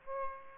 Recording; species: mosquito wingbeat signal from an infrared sensor; Aedes aegypti